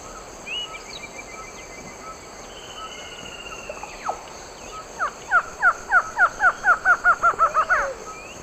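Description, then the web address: Barred antshrike duet: after drawn-out whistles from other birds, a quick series of nasal notes begins near five seconds and runs about three seconds, with overlapping lower notes. Duet, Eastern Lowlands of South America. "Natures Songs S America Eastern Lowlands. Thamnophilus doliatus, duet"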